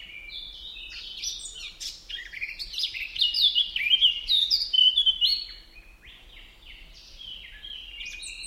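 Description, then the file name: Eurasian blackcap song, a hurried scratchy warble that swells into louder clear fluty whistles mid-phrase, then fades to a quieter rambling chatter. "Sylvia atricapilla"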